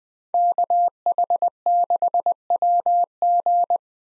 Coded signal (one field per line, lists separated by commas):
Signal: Morse code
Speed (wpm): 20 wpm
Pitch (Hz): 700 Hz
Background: none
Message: KH6WG